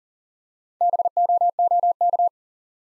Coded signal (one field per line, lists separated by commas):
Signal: Morse code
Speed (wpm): 42 wpm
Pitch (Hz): 700 Hz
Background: none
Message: BOOK